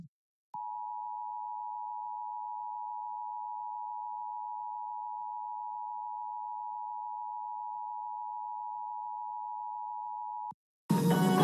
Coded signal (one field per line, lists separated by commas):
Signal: Emergency Alert System (SAME) tones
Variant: 853 and 960 Hz attention tone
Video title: LIVE AM/MW DX: DX Central Live - S. 3, Ep. 25 | Friday, April 14, 2023